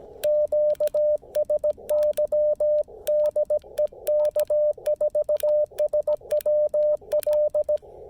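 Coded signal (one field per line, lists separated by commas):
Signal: Morse code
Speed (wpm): 17 wpm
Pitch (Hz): 600 Hz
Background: radio noise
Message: QSY DE K4SWL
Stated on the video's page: CW on a POTA park activation using the Chameleon Tactical Delta Loop antenna.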